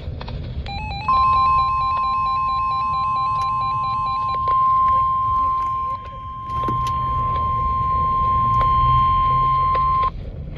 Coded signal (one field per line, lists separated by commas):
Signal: Emergency Alert System (SAME) tones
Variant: 1050 Hz attention tone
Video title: 7/2/23 | NWS Peachtree City Severe Thunderstorm Warning for Carroll, GA [EAS #832]